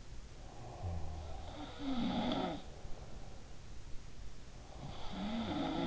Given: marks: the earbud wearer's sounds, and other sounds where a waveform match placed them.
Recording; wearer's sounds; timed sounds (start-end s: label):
sounds in sleep by an in-ear microphone; snoring breath
0.42-1.85 s: snoring breath
1.23-3.41 s: sound from someone else or the room
4.58-5.86 s: sound from someone else or the room